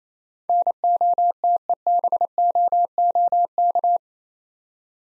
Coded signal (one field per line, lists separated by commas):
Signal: Morse code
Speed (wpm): 27 wpm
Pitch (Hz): 700 Hz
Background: none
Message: NOTEBOOK